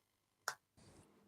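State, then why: Seated. A plastic part of a push-together robot model kit is pushed harder into its mating part after an earlier try gave no click. A single sharp click sounds at 0.5 s, followed from about 0.8 s by a softer, steady broadband rustle. The part has seated.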